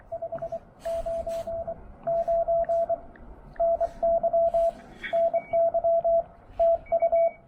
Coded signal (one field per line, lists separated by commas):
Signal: Morse code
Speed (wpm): 24 wpm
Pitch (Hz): 670 Hz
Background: radio noise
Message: 599 NY NY TU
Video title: Yaesu FT-891 POTA: Breaking in my new-to-me transceiver during a chilly activation!